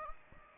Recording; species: mosquito wingbeat signal from an infrared sensor; Aedes aegypti